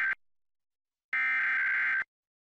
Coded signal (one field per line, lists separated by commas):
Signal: Emergency Alert System (SAME) tones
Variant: header bursts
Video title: WYBE Emergency Alert System - Pennsylvania Required Monthly Test (September 21, 2017)